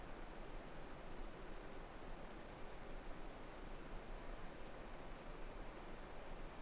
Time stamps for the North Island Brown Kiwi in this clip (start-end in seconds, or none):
none